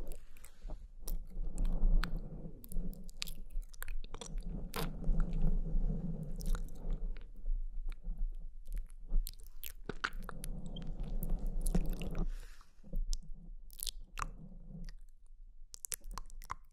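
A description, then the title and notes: Wet mouth sounds fill the clip: soft smacks, clicks and chewing-like crunches arrive in quick, irregular bursts. A low murmuring hum swells underneath through most of it, thinning out near the end, where sharper isolated clicks stand out. TINGLY MOUTH SOUNDS ASMR.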